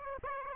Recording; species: mosquito wingbeat signal from an infrared sensor; Aedes aegypti